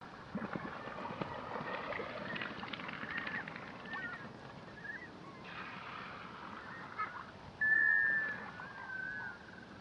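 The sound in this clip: Black scoter giving one drawn-out whistled call near the end, heard over steady rushing background noise.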